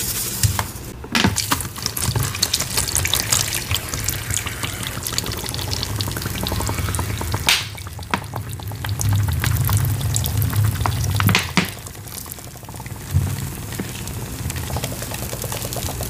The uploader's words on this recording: Making Citric Acid Dyed Chalk & Cornstarch Crunchies. Pouring, powder play, cornstarch squeaks, citric acid sizzles.